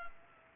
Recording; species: mosquito wingbeat signal from an infrared sensor; Culex pipiens